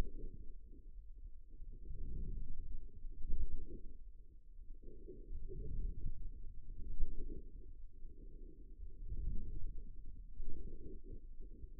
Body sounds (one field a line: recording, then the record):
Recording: forearm muscle sounds (acoustic myography)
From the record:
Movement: outward rotation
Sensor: system 2, bracelet of six BSWA MPA416 microphones around the upper forearm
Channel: 4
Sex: male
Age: 22 years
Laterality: right